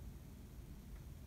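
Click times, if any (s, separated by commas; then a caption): none. A part is threaded through a metal sleeve and held and pulled, with only a steady low rumble and faint broadband noise and no sharp sounds. Nothing has seated or clicked yet.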